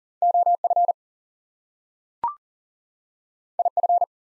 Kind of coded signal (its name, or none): Morse code